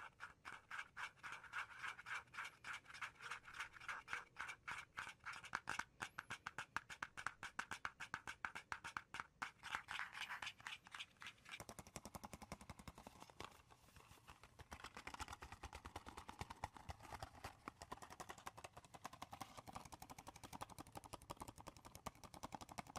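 Rapid tapping and scratching on wood, cork and cardboard, a dense stream of sharp clicks with no talking. Around eleven seconds the texture shifts to a rougher, slightly duller scraping with heavier low thumps, continuing at a fast, uneven rhythm to the end.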